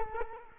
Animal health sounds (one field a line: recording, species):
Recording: mosquito wingbeat signal from an infrared sensor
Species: Culex quinquefasciatus